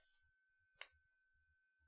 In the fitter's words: yeah it clicks into place with a really nice detent look